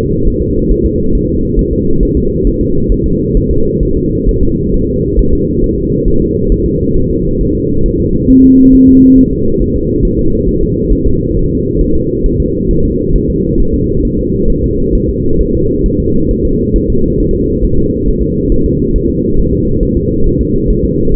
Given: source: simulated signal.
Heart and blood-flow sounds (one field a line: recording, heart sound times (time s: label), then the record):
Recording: fetal heart sounds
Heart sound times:
0.28 s: S1
0.42 s: S2
0.71 s: S1
0.86 s: S2
1.15 s: S1
1.29 s: S2
1.59 s: S1
1.73 s: S2
2.03 s: S1
2.17 s: S2
2.47 s: S1
2.61 s: S2
2.92 s: S1
3.06 s: S2
3.37 s: S1
3.51 s: S2
3.83 s: S1
3.97 s: S2
4.29 s: S1
4.43 s: S2
4.74 s: S1
4.88 s: S2
5.19 s: S1
5.33 s: S2
5.64 s: S1
5.78 s: S2
6.08 s: S1
6.22 s: S2
6.52 s: S1
6.66 s: S2
6.96 s: S1
7.11 s: S2
7.41 s: S1
7.55 s: S2
7.86 s: S1
8.00 s: S2
8.30 s: S1
8.44 s: S2
8.75 s: S1
8.89 s: S2
9.18 s: S1
9.32 s: S2
9.62 s: S1
9.76 s: S2
10.05 s: S1
10.19 s: S2
10.49 s: S1
10.63 s: S2
10.92 s: S1
11.07 s: S2
11.37 s: S1
11.51 s: S2
11.81 s: S1
11.95 s: S2
12.26 s: S1
12.40 s: S2
12.71 s: S1
12.85 s: S2
13.16 s: S1
13.30 s: S2
13.60 s: S1
13.74 s: S2
14.05 s: S1
14.19 s: S2
14.50 s: S1
14.64 s: S2
14.95 s: S1
15.09 s: S2
15.41 s: S1
15.55 s: S2
15.86 s: S1
16.00 s: S2
16.31 s: S1
16.45 s: S2
16.76 s: S1
16.90 s: S2
17.20 s: S1
17.34 s: S2
17.64 s: S1
17.79 s: S2
18.08 s: S1
18.22 s: S2
18.52 s: S1
18.66 s: S2
18.96 s: S1
19.10 s: S2
19.39 s: S1
19.53 s: S2
19.83 s: S1
19.97 s: S2
20.27 s: S1
20.41 s: S2
20.70 s: S1
20.85 s: S2
21.14 s: S1
From the record:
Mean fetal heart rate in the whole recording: 135 bpm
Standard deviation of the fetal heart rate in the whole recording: 3 bpm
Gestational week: 36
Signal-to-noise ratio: -16.4 dB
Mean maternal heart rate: 72 bpm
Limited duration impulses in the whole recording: present